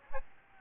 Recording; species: mosquito wingbeat signal from an infrared sensor; Aedes albopictus